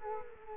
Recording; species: mosquito wingbeat signal from an infrared sensor; Culex quinquefasciatus